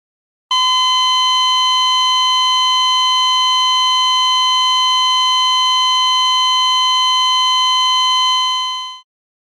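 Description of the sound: A single unbroken high beep holds at one steady pitch for about eight and a half seconds, then fades away. It is the monitor's flatline tone as the heartbeat fails, signalling that no heartbeat is detected (asystole).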